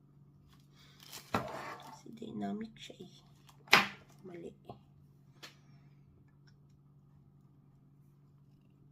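Someone talks while handling a new dynamic microphone and fitting it into its clip or mount, with rustling and a couple of sharp knocks near 1.4 s and 3.7 s over a steady low hum. The microphone has not seated or locked into the mount yet.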